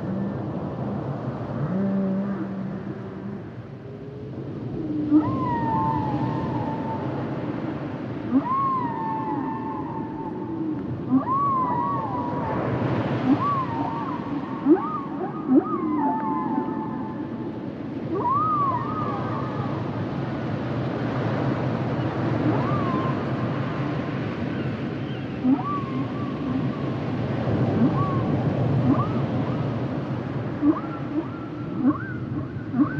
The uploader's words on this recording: The songs and sounds of the humpback whale. Male humpback whales produce complex songs during the winter breeding season.